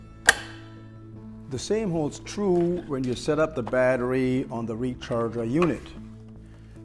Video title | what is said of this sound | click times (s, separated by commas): Sillas de examinación en mamografía para biopsia estereotáctica - AKRUS - AK 5010 MBS - | set it up on the guides and push it in until you hear the audible click | 0.3 s